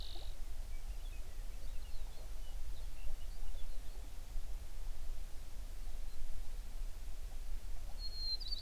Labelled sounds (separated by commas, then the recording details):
songbird
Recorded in the Prudhoe Bay oil fields, Alaska, on 11 June 2019 at 05:24
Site 21